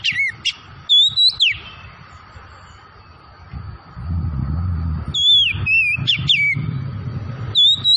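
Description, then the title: Oriental magpie-robin song: high whistled, sweeping phrases in short bursts separated by pauses, with a steady low background rumble between phrases. Tretes variety, singing vigorously (gacor). "Kacer Tretes Gacor"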